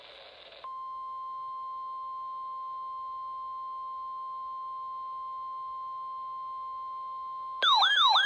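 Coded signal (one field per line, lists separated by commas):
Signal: Emergency Alert System (SAME) tones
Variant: 1050 Hz attention tone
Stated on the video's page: Required weekly test from the SEW office, received in Seattle.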